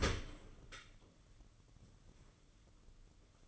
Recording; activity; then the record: daily activity, microphone in the room; open dishwasher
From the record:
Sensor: 4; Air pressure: 995.3 hPa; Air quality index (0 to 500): 212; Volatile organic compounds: 236 ppm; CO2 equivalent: 4323 ppm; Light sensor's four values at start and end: 32/99/37/40 and 32/101/38/41